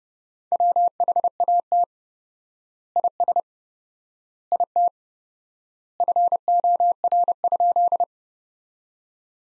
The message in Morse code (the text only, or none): WHAT IS IT FOR?